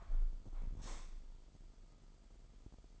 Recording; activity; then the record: daily activity, microphone in the room; close window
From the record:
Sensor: 5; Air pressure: 995.8 hPa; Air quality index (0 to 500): 105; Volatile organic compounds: 7 ppm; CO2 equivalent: 2036 ppm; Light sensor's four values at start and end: 40/97/39/41 and 40/97/39/41